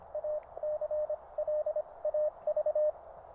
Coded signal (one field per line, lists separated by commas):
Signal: Morse code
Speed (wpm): 25 wpm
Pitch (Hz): 610 Hz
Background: radio noise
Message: ACLAV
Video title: QRP Radio Camping, Kites & Fireworks.